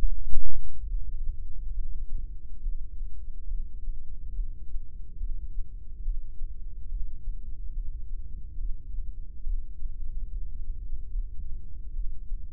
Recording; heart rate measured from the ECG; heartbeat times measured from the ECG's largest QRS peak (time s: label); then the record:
heart sounds by microphone in the right ear; 71 bpm
0.89 s: heartbeat
1.75 s: heartbeat
2.62 s: heartbeat
3.49 s: heartbeat
4.35 s: heartbeat
5.19 s: heartbeat
6.04 s: heartbeat
6.90 s: heartbeat
7.75 s: heartbeat
8.59 s: heartbeat
9.45 s: heartbeat
10.31 s: heartbeat
11.13 s: heartbeat
11.94 s: heartbeat
From the record:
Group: heart failure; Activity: rest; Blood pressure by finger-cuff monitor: 136/97 mmHg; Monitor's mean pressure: 110 mmHg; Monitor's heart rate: 70 bpm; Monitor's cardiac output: 6.1 L/min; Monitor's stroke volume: 88 mL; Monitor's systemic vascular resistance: 1360 dyn s/cm5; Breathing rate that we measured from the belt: 19 breaths a minute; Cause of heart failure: idiopathic cardiomyopathy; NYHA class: 1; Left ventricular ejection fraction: 50%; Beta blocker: bisoprolol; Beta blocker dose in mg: 5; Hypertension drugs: candesartan, spironolactone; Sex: male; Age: 54 years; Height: 180 cm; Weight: 94.6 kg